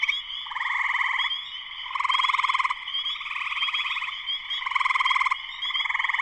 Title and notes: Spring peepers (chorus frogs) in full chorus shortly after sunset in the Sleeping Bear Dunes National Lakeshore in northern Michigan, USA. Recorded by Darrin Wassom. Part of the Music for Sleep project